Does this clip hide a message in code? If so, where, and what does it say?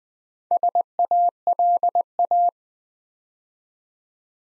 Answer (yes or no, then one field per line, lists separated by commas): yes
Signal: Morse code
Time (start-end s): 0.5-2.5 s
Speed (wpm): 20 wpm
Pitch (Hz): 700 Hz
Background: none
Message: SALA